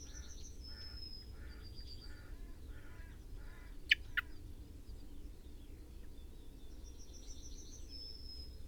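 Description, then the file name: Common blackbird gives a run of soft clucking notes in quick succession, then a couple of sharp clicks, with thin high whistles and low background noise. "Turdus merula"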